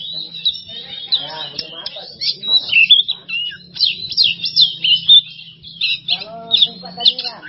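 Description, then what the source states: Oriental magpie-robin singing a fast, varied string of sweet whistles, harsh chatters and slurred notes, over a faint steady low hum. Masteran training recording for songbirds; kacer song style named bongkar isian emosi.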